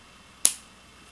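A drip tip with a small O-ring seal is pushed into the top cap of an Innokin iClear 30S vape clearomizer. A single sharp, snap-like click is heard at 0.5 s against a quiet background. The drip tip seats perfectly, and the seal makes it fit.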